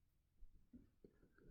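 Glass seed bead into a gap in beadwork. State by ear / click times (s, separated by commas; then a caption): not seated / none. Thread is handled and pulled while a glass Delica seed bead is worked toward a gap in a peyote-stitch bail in beadwork. Only quiet, low rustling and a few soft handling bumps are heard. Nothing has seated or clicked yet; the bead has not snapped into place by the end.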